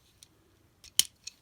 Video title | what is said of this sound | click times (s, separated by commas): Tomica Heroes Jobraver JB01 Police Braver Review | and you'll hear that kind of click into place. So we will do that again. | 1.0 s